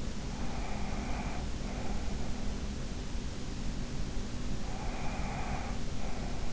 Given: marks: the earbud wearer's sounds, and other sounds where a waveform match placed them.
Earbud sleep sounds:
sounds in sleep by an in-ear microphone; breath
0.25-2.31 s: breath
4.54-6.53 s: breath

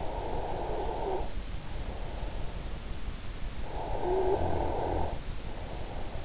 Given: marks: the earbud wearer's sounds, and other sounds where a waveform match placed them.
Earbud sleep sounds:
sounds in sleep by an in-ear microphone; snoring breath
0.02-1.96 s: snoring breath
3.56-6.24 s: snoring breath

